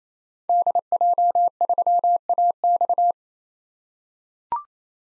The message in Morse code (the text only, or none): DJ3AX